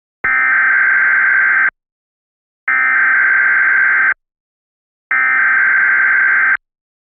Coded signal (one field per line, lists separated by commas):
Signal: Emergency Alert System (SAME) tones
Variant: header bursts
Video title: EAS Shitpost